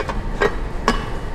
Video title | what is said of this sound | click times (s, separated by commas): Uli Bakar & Sous Vide Bebek Betutu Bersama Ibu Dyah Ambarwati | kita pastikan ini klek gitu ya bunyinya ya teman-teman kemudian | 0.9 s